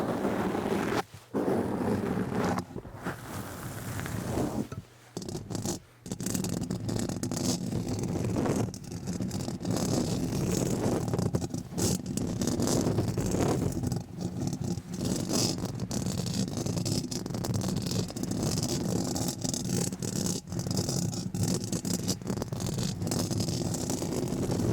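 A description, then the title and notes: Fast, very aggressive scratching runs almost without pause, a dense, rough rasping made of rapid strokes that blur together. It is loud, with a gritty low rumble under the scraping. Brief silent gaps break it near one, five and six seconds. ASMR Fast and Verrry Aggressive Scratching.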